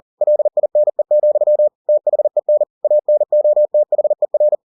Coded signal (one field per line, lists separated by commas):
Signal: Morse code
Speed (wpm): 40 wpm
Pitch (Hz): 600 Hz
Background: none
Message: LINE, THEN ANOTHER